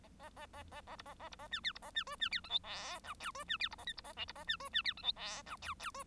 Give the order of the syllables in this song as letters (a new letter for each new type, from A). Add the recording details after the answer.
A A A A A A B A A B A C D B A C E C D F G H I J E C D B A K B A L B A C E C D F G H I J J E. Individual Bird1